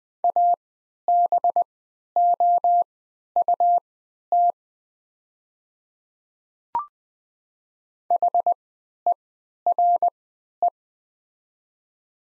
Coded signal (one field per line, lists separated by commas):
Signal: Morse code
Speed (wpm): 20 wpm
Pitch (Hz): 700 Hz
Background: none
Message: ABOUT HERE